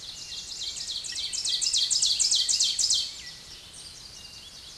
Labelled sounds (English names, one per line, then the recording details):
Ovenbird song
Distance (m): 5 m
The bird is about 5 m above the microphone
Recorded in a Pennsylvania forest on 16 May 2024 at 07:17
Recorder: AudioMoth, point MSD-0475
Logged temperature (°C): 12.3 °C
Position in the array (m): 147 m, 5 m